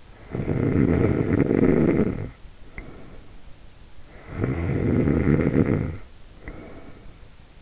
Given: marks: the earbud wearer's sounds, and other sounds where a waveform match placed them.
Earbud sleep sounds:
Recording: sounds in sleep by an in-ear microphone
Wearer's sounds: snoring breath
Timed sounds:
0.00-3.43 s: snoring breath
4.00-7.26 s: snoring breath

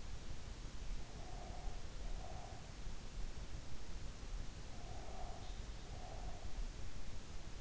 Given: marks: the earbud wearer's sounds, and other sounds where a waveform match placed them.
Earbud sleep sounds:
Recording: sounds in sleep by an in-ear microphone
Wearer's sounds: breath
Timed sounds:
1.13-2.75 s: breath
4.67-6.78 s: breath

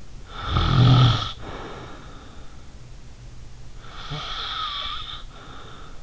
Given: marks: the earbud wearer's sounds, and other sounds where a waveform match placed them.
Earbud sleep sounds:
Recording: sounds in sleep by an in-ear microphone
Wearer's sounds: snoring breath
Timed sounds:
0.23-2.90 s: snoring breath
3.79-6.03 s: snoring breath

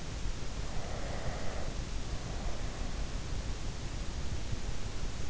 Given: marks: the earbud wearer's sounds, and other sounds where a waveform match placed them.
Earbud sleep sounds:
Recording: sounds in sleep by an in-ear microphone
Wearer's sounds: breath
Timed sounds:
0.57-3.27 s: breath

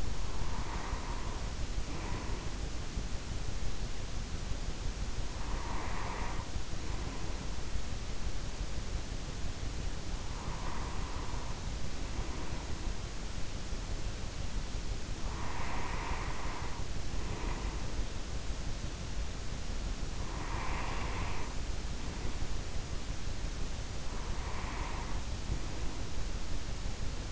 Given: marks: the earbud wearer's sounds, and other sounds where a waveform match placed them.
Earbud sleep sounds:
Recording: sounds in sleep by an in-ear microphone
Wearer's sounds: breath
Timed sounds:
0.00-2.84 s: breath
5.11-7.76 s: breath
10.00-13.17 s: breath
15.01-18.18 s: breath
20.00-22.76 s: breath
23.89-26.32 s: breath

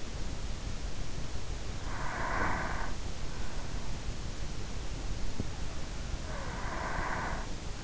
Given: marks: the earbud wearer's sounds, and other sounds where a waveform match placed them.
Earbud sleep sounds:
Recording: sounds in sleep by an in-ear microphone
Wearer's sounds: breath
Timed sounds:
1.58-3.35 s: breath
5.91-7.84 s: breath

